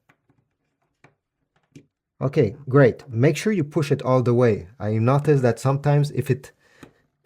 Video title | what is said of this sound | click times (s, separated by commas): JBL Soundbar : How to Setup Using an Optical Cable to TV | So now it has clicked. | 6.8 s